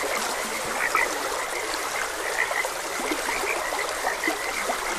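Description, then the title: Frogs croak in brief bursts, one louder call near the start, over the steady gurgle of a stream. Frogs croaking beside a gentle stream. "Gentle Stream and Frogs Croaking"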